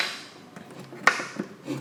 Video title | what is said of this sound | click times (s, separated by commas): [UNBOXING] Caisson Seafrog pour le GH5 | tout cas ça se clipse bien pas | 1.1 s